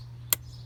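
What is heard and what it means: The grey plastic secondary locking tab on a Mercedes-Benz engine sensor connector plug is pushed down during a spark plug change. It gives a single sharp, bright snap at 0.3 s over a steady low hum. The tab locks into place and the connector is seated.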